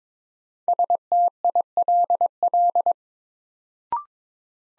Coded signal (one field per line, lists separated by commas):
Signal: Morse code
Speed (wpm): 21 wpm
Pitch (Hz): 700 Hz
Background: none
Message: STILL